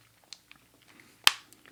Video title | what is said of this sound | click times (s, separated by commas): Galaxy Z Fold 7 - VRS Design Terraguard Case Review | Let's go ahead and drop this guy on here. And like I said, everything just snaps into place right there. | 1.3 s